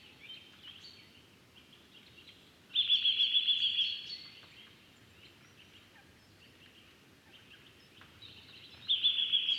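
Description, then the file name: Eurasian nuthatch giving a fast, even trill of high repeated notes, one burst early on and another at the end, with faint chirps between. "Sitta europaea"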